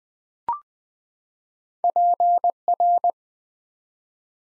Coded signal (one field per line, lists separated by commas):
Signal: Morse code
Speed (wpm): 20 wpm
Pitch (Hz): 700 Hz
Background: none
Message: PR